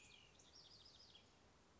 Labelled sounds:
House Wren
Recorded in Sonoma County, California

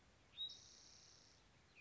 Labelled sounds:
Spotted Towhee
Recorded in Sonoma County, California

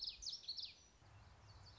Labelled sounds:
Common Yellowthroat
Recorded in Sonoma County, California

